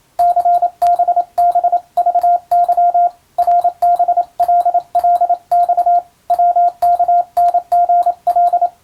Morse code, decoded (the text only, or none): CBBVY RBLLX WKNGL